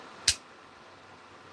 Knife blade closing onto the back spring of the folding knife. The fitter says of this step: You're hearing that click from that kick.